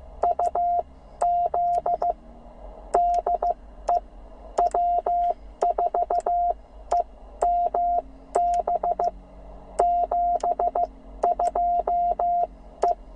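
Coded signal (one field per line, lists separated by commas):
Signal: Morse code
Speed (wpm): 15 wpm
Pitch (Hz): 700 Hz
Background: radio noise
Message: UZ DE W4EMB 72E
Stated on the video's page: CW call sign copy practice from an outdoor operation, plainly a Penntek TR45L radio with a Bamatech TP III key on battery.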